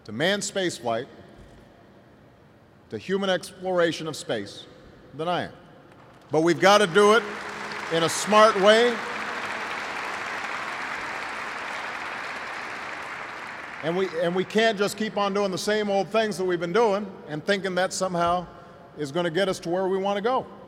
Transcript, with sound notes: to manned space flight, to human exploration of space than I am. (Applause.) But we’ve got to do it in a smart way, and we can’t just keep on doing the same old things that we’ve been doing and thinking that somehow is going to get us to where we want to go.